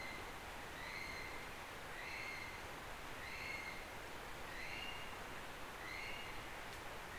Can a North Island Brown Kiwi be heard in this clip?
yes